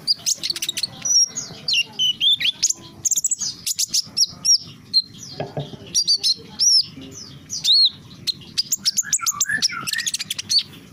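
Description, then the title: Small bird giving quick bright chirps and looping whistled notes, delivered in irregular clusters with brief pauses between. "Burung Kecil"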